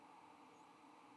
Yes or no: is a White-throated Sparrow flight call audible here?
no